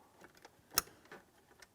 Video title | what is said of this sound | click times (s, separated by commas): How to Replace Transmission Shift Cables 2007-2014 GMC Sierra 2500 HD | pressing it in till we hear an audible click. | 0.8 s